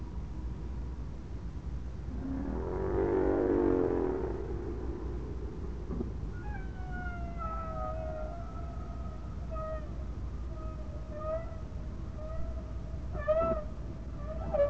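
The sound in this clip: Whale moans: a burst of broad noisy rushing sound first, then long, slowly falling tonal moans with harmonics that turn pulsed near the end, over a steady low background rumble.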